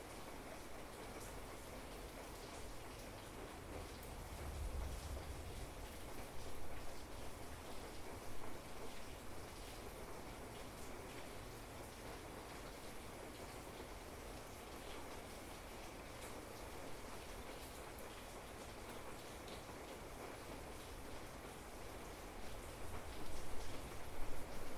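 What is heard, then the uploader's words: Rain falls steadily on a sunroom roof at night, a dense, even patter filling the room with no pauses. A soft low rumble swells briefly around five seconds, and the pattering grows a little louder and heavier near the end. Sunroom rain at night. This recording was made late in the night at my house in the country over a decade ago. A storm started rumbling in the distance, so I grabbed my field recorder, opened the doors, and started recording. Recorded by Heath Webb (thevoidinclusive).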